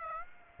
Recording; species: mosquito wingbeat signal from an infrared sensor; Aedes aegypti